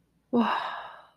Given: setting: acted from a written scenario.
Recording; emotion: vocal sound without words; romantic love